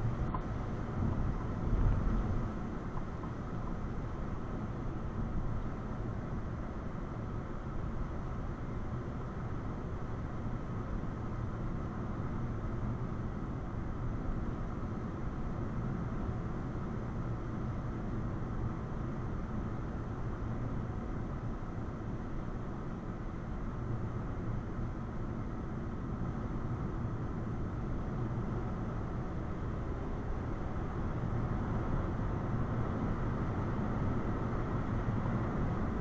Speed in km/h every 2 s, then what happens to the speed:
55, 53, 56, 58, 58, 58, 56, 56, 56, 56, 56, 56, 55, 55, 56, 68, 71, 71.
0-26 steady at about 56. 26-31 speeds up to 71.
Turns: none.